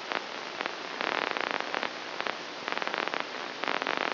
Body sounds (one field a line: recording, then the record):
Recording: brain microelectrode recording played as sound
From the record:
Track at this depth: inside the subthalamic nucleus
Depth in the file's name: 6.705 mm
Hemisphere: left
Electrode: 2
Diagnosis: Parkinson's disease